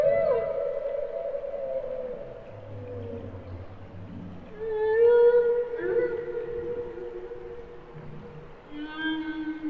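Humpback whale song with long tonal moans and sliding cries, some rising and some falling, separated by low groaning passages.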